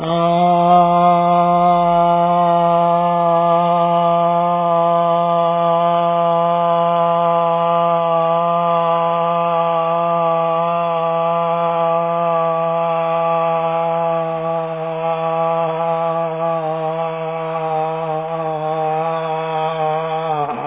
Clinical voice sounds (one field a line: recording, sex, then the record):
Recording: sustained vowel /a/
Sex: male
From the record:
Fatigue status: fatigue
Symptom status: symptomatic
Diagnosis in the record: COVID-19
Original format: 3gp